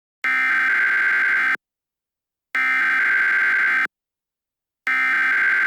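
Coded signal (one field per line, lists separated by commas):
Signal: Emergency Alert System (SAME) tones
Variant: header bursts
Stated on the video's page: Fictional EAS scenario about a nuclear reactor meltdown.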